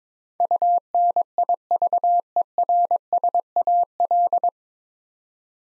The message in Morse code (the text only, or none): UNIVERSAL